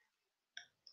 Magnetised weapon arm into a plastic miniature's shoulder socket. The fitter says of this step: There we go. Doesn't snap into place quite so easily.